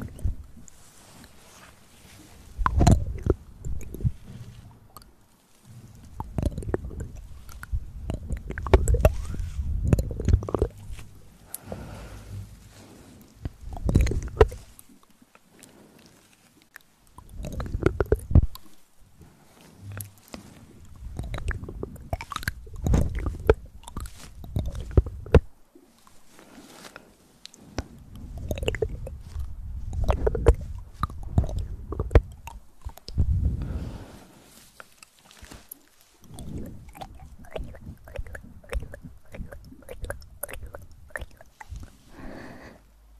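Upclose mouth sounds, wet clicks, smacks and chewing-like squishes, come in irregular bursts with short quiet gaps across the whole stretch.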